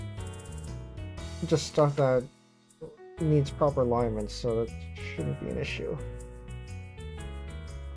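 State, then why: Not seated. Someone talks over background music while handling a laptop internal part during a ThinkPad T60 fan replacement, pressing it toward closing into the chassis. Nothing has seated or clicked yet.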